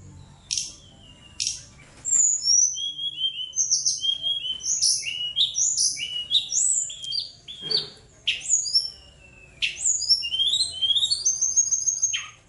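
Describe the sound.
Bird song, a varied run of high chirps, short whistles and downslurred notes broken by brief pauses.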